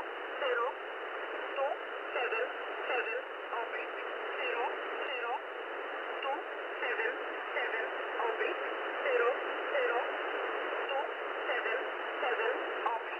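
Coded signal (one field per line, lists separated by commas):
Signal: numbers station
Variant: E11 Oblique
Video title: E11 Oblique | 30th August 2023 | Null Message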